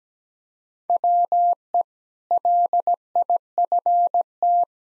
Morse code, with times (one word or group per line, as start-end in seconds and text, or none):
0.9-1.8 WE
2.3-4.6 LIFT